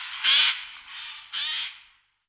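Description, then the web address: Eurasian jay giving two harsh, rasping screeches about a second apart, the first louder. "Ptaki Sojka"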